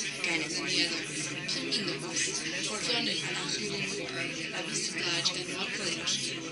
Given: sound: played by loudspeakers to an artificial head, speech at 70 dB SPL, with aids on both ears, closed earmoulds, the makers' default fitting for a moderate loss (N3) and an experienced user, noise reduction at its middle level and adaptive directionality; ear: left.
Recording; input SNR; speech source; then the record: speech test signal (ISTS) in cocktail-party noise; -3 dB; on the right (90 degrees)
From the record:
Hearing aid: class 1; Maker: B